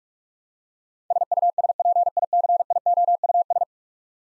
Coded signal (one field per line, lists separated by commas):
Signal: Morse code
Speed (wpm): 46 wpm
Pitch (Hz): 700 Hz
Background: none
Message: SUSPICIOUS